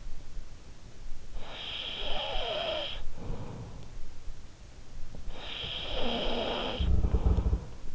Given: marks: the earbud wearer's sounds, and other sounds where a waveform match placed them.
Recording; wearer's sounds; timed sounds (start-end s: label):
sounds in sleep by an in-ear microphone; snoring breath
1.01-4.47 s: snoring breath
5.21-7.95 s: snoring breath
6.87-7.95 s: sound from someone else or the room